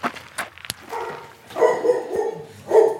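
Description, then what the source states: Dog barks: a few rough, mid-pitched barks over three seconds. Dogs in the kennels of an animal shelter in Hermeray, Yvelines, France, surrounded by fields and forests, barking as people enter.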